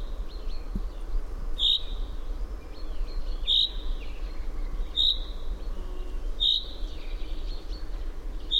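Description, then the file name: Common chaffinch repeating a short metallic call several times, about every one and a half seconds, against a low background hum. "Fringilla coelebs"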